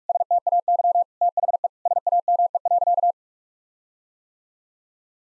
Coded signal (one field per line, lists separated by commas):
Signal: Morse code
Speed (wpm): 41 wpm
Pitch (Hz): 700 Hz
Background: none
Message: STAY THE SAME.